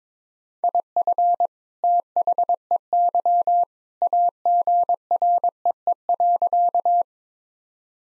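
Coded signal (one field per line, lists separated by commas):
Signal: Morse code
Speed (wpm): 22 wpm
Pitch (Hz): 700 Hz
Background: none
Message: IF THEY AGREE.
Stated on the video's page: 22wpm drill of sentences containing common two-word phrases, each sent twice in Morse for head-copy practice.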